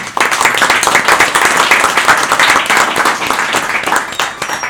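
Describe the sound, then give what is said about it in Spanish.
A crowd at a Tejiendo Voces gathering in Oaxaca applauds the companions who came, steadily for several seconds, a dense, sustained patter of many hands clapping at once at a fairly loud, even level, with no voices standing out. “Y pues gracias a todos y todas por venir, y pues un aplauso también a los compañeros.”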